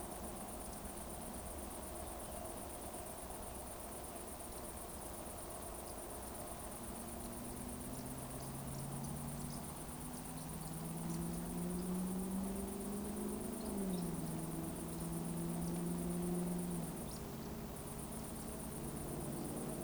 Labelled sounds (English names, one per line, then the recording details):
Eurasian Woodcock whistle
Eurasian Woodcock chase call
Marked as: whistle, whistle, whistle, whistle, chase, chase
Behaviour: display flight
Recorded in Baden-Württemberg, Germany, on 24 June 2020 at 20:19 UTC
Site 14569, 102 m above sea level